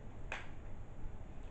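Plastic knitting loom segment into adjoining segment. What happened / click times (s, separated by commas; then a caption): The plastic loom pieces snapped together / 0.3 s. A plastic knitting loom segment is pushed into the adjoining segment, giving one sharp, bright click at 0.3 s over a low background hum. The pieces seat and fit together very easily.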